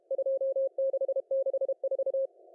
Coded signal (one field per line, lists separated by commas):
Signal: Morse code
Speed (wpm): 32 wpm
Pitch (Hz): 540 Hz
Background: none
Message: 2664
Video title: 2022 02 09 CWT 1900Z